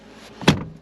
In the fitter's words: and it clicks back in very smoothly and easily